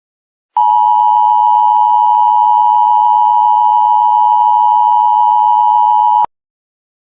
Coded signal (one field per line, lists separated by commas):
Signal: Emergency Alert System (SAME) tones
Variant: 853 and 960 Hz attention tone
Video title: EAS AMBER ALERT - Realistic Mock